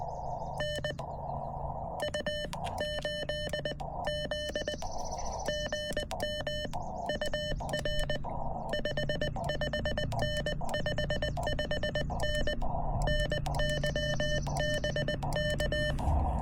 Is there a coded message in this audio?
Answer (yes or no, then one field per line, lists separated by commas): yes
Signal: Morse code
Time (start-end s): 0.6-15.9 s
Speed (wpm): 20 wpm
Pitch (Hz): 3000 Hz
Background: none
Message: N U 8 Z GM UR 55N 55N NY BK